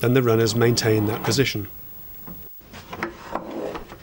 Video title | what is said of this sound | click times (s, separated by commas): How to make a two-drawer cabinet, Part 2, #013 | dinoo Runners don't have inout adjustment as such instead they click into place | 3.0 s